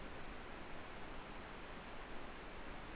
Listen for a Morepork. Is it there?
no